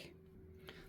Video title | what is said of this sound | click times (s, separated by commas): ICOM IC-705 - Load Repeater List and Demonstrate Monitor internet Mode | and when it does go in it will it'll give you a little click | 0.7 s